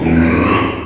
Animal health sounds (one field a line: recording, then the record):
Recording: squeal of a Yucatan mini pig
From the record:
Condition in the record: before surgery on the right vocal fold (resection and tissue-engineered implant)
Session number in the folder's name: 2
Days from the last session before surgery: 0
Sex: male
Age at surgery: 12 weeks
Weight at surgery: 13 kg